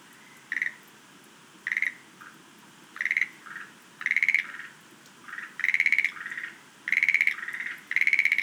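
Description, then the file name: Schlegel's green tree frog giving brief rattled croaks every second or so, several followed by a softer, lower note; steady faint background hiss. "rodolphe alexis - rhacophorus schlegelii"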